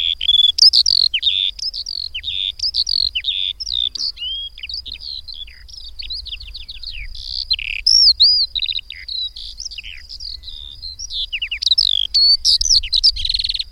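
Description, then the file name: Eurasian skylark singing a long unbroken babble of quick high chirps, whistled slurs and rattling trills, varied and restless throughout. "Mezei pacsirta"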